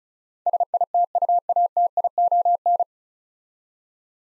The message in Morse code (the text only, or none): SITUATION